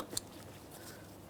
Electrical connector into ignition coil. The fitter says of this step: After an audible click, a light tug confirming it's properly secured.